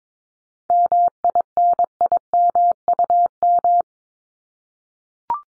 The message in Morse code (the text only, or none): MINIMUM